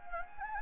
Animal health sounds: mosquito wingbeat signal from an infrared sensor; Anopheles gambiae

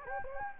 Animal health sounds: mosquito wingbeat signal from an infrared sensor; Anopheles gambiae

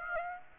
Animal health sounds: mosquito wingbeat signal from an infrared sensor; Aedes aegypti

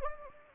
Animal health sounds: mosquito wingbeat signal from an infrared sensor; Anopheles gambiae

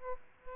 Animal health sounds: mosquito wingbeat signal from an infrared sensor; Aedes aegypti

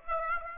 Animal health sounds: mosquito wingbeat signal from an infrared sensor; Aedes aegypti

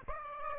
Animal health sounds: mosquito wingbeat signal from an infrared sensor; Aedes aegypti

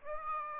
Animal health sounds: mosquito wingbeat signal from an infrared sensor; Aedes aegypti

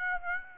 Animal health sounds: mosquito wingbeat signal from an infrared sensor; Aedes aegypti

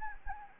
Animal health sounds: mosquito wingbeat signal from an infrared sensor; Anopheles gambiae

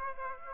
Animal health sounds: mosquito wingbeat signal from an infrared sensor; Aedes aegypti

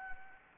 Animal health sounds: mosquito wingbeat signal from an infrared sensor; Anopheles gambiae

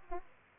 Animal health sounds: mosquito wingbeat signal from an infrared sensor; Aedes aegypti

